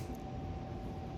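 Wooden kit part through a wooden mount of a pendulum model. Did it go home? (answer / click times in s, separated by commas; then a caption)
no / none. A waxed wooden part is slid through its wooden mount on a UGears Pendulum kit model, with only a steady broadband hum and a constant tone near 700 Hz throughout. The part has not snapped or clicked into place yet and is still a little loose.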